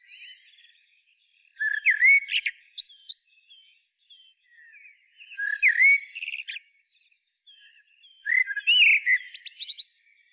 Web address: SETE Turdus merula